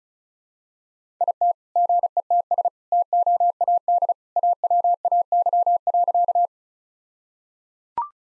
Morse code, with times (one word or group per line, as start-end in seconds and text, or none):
1.2-1.5 IT
1.8-2.7 GETS
2.9-4.1 TOAD
4.4-6.5 AWAY.